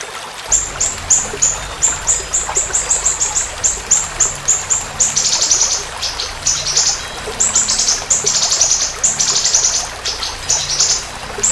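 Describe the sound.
Siri-siri bird song: a fast run of high, thin chirps, some drawn into buzzy trills.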